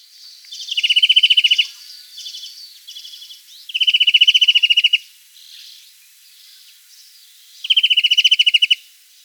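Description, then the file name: European greenfinch giving three bursts of rapid, ringing trills about a second each, with softer thin twittering notes between them. "Chloris chloris"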